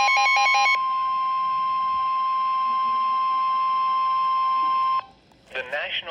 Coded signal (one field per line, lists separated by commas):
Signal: Emergency Alert System (SAME) tones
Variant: 1050 Hz attention tone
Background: speech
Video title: (EAS #77) severe thunderstorm warning. 8/14/24